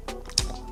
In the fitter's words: the bottle the top locks in place and doesn't come off.